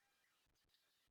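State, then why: Not seated. An HDMI cable plug is handled at the HDMI socket of a digital TV set-top box, giving only faint, low rustling and soft handling thumps against a quiet background. Nothing has seated or clicked yet.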